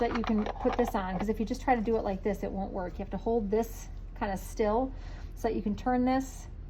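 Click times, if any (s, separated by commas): none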